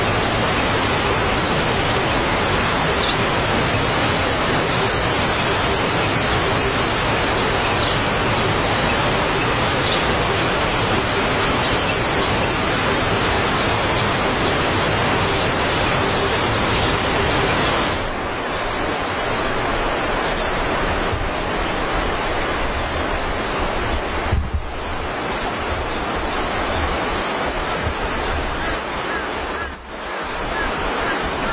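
Steady rushing water fills the clip with a dense, even roar, easing slightly after about eighteen seconds, with brief dips near twenty-four and thirty.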